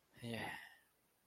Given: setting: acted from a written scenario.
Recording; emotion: vocal sound without words; neutral